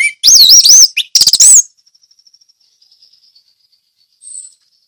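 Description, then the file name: Orange-headed thrush giving a brief wavering whistled phrase and a quick chattering burst, followed by faint ticking notes. Song in the ngeplong style. "anis merah ngeplong"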